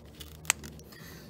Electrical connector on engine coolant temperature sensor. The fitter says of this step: want to hear when I hear that click and then wiggle it around just slowly